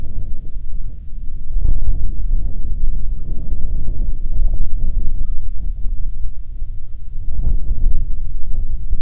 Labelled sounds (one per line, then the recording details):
bird
wind
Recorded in the Prudhoe Bay oil fields, Alaska, on 27 June 2019 at 00:08
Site 22